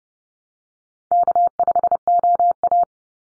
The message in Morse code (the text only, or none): K5OA